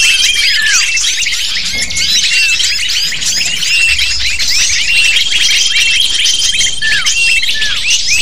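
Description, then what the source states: Lovebirds in a noisy flock, rapid shrill chirps tumbling over one another, plus sustained thin high tones in the background. Recording of lovebird calls used to lure lovebirds.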